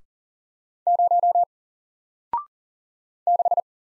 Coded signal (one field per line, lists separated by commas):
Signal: Morse code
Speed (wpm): 39 wpm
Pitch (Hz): 700 Hz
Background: none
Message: 0 6